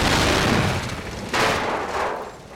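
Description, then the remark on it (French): A loud, roaring explosion of a crewed vessel destroyed by a bomb, with dense crackling noise, a fresh blast bursting in about halfway through, then the rumble tapering off slightly at the end. “Letz 21 et la Orla 11 prennent la fuite tandis que l'équipage du Hall 7 le quitte à temps avant son explosion.”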